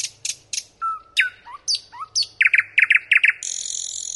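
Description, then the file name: Nightingale song: sharp high notes, pure whistles sliding down and up, then a rapid series of loud rattling chooks and a sustained buzzy high trill. "Solovei"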